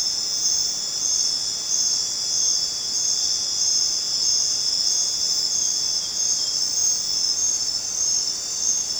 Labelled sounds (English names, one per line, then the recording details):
none
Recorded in dense forest near Puerto Asís, Putumayo, Colombia, on 29 June 2025 at 21:00
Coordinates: 0.484, -76.317
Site G045